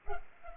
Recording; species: mosquito wingbeat signal from an infrared sensor; Culex pipiens